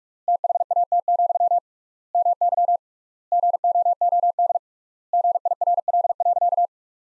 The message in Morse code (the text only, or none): THAT, MY GOOD GIRL.